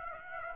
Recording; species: mosquito wingbeat signal from an infrared sensor; Aedes aegypti